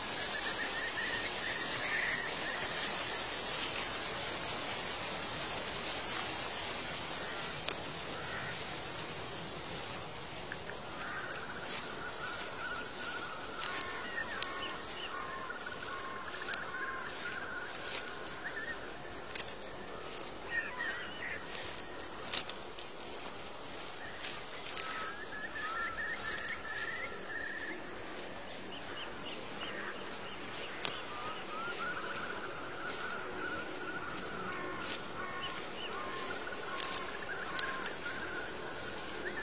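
Birds call from the distant mountains in repeated phrases of mid-pitched chirps, returning every few seconds throughout. Beneath them runs a steady bright hiss, scattered with frequent irregular crisp clicks and crackles like dry leaves, holding an even level the whole way.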